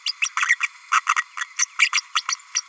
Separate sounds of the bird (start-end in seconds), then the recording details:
0.06-0.12, 0.21-0.29, 0.36-0.56, 0.60-0.68, 0.92-1.00, 1.16-1.23, 1.58-1.65, 1.79-1.89, 1.92-2.01, 2.15-2.22, 2.54-2.62. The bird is a female. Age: 32 days. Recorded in a nest box in Venezuela. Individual 17B32A5